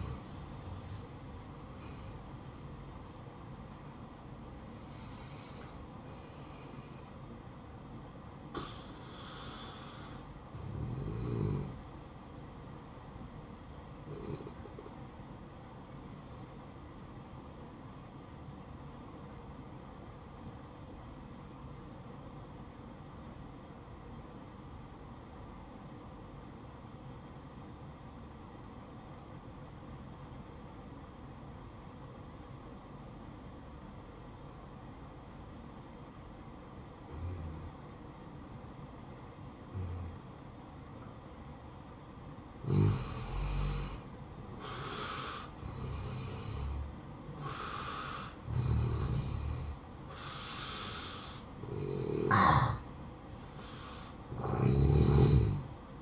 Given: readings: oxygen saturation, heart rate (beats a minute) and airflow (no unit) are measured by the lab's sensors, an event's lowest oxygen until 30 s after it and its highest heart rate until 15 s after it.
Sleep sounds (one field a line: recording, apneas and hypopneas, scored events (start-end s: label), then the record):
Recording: breathing in sleep by a smartphone at the bedside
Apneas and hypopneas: 1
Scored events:
7.00-56.02 s: new sleep stage, N1 (lightest sleep)
19.00-43.60 s: obstructive apnea (N1, oxygen 96% highest, then 87% lowest, heart rate 61 at the start, 68 highest)
From the record:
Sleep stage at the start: N2 (light sleep)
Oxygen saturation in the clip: 84 to 96%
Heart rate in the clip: 56 to 76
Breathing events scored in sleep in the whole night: 573 in 9.8 hours asleep